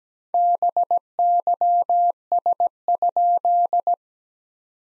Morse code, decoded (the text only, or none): BYS?